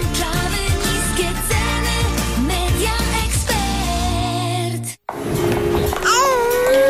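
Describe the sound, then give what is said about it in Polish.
A baby babbles and coos in a steady stream of wavering, sing-song sounds, breaking off briefly before ending on a few higher, rising squeals. “Jej, jaki śliczny dzidziuś. Zobacz.”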